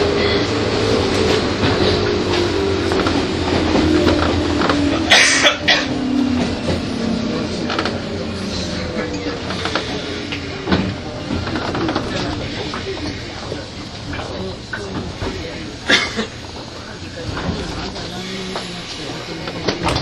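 A train ride between Tokyo and Takao: a dense, steady rumble of wheels and car noise runs throughout, with a motor whine that slowly falls in pitch over the first ten seconds. Sharp clunks hit around five and sixteen seconds, with faint voices underneath.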